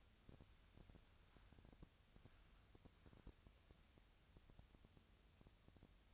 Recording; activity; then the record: daily activity, microphone in the room; wipe stove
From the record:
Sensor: 2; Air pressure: 1000.4 hPa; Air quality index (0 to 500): 169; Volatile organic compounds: 3 ppm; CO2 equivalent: 1402 ppm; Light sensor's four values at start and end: 10/25/10/11 and 10/25/10/11